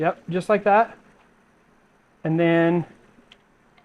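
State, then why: Seated. Someone talks while the next part of a TRX4m Pro Scale trailer light kit is pressed into place on the RC trailer frame. A sharp plastic snap comes at 3.3 s as the light kit part snaps in and seats, followed by a faint tick.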